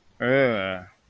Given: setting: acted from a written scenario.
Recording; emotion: vocal sound without words; disgust